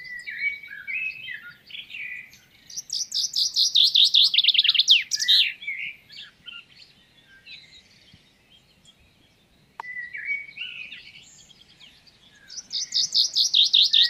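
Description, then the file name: Common chaffinch singing: a fast run of ringing notes that drops into a terminal flourish. Another song begins near the end, with quieter chirps between phrases. "Fringilla coelebs"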